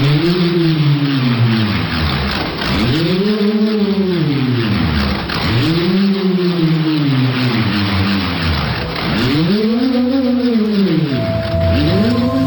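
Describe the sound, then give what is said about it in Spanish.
A bullroarer whirs with a loud, continuous droning hum whose pitch swoops up and back down in steady waves roughly every three seconds. No voices are heard. “bueno, es un elemento que utilizado en el ritual normalmente, que intentan a través de ese sonido ponerse en contacto con el más allá y con sus ancestros a través del sonido de la propia bramadera, que bueno, es como si ahora escucharemos un zumbido.”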